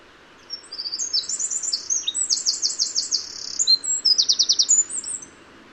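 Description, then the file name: Eurasian wren song: a rapid, loud outpouring of high, tinkling notes and buzzy trills, running about five seconds with quick repeated elements and no other clear sounds. "Troglodytes troglodytes"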